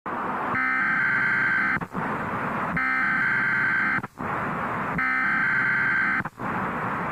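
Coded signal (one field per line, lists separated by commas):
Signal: Emergency Alert System (SAME) tones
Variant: header bursts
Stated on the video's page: Simulated what-if EAS activation scenario set during the September 11 attacks.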